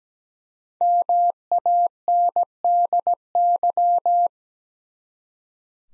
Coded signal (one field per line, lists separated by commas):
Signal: Morse code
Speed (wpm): 17 wpm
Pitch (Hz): 700 Hz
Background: none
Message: MANDY